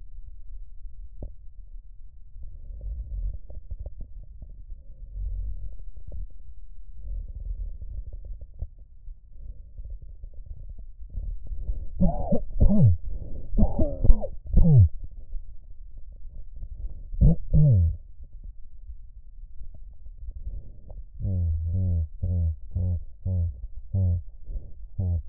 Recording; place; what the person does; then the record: lung sounds by stethoscope; left posterior apical chest; quiet breathing, then cough and speech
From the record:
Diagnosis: none (healthy); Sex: male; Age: 34 years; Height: 174 cm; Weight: 93 kg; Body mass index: 30.7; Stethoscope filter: extended mode